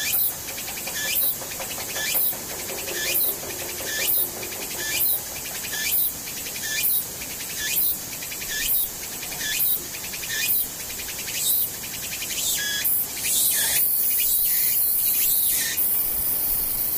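A cicada buzzes in a steady, regular rhythm, its shrill high drone swelling in short pulses a little more than once per second. Near the end the pulses merge into a louder, continuous hiss, and a lower hum runs underneath throughout.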